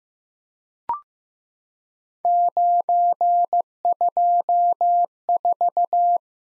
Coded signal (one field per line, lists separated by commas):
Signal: Morse code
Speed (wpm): 15 wpm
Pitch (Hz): 700 Hz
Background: none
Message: 924